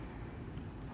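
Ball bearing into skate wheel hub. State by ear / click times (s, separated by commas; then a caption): not seated / none. A ball bearing is being handled at a skate wheel hub, ready to be popped in, but nothing has seated or clicked yet. Over the one second, a steady low rumble with broadband, wind-like noise continues, with no distinct transient.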